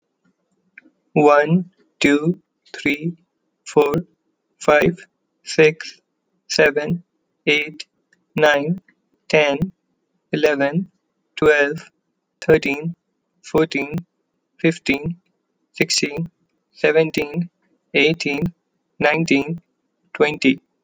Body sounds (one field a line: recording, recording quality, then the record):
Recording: counting at a normal pace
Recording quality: excellent, no background noise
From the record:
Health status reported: healthy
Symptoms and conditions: none ticked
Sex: male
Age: 25 years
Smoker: not ticked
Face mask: not worn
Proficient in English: yes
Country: United States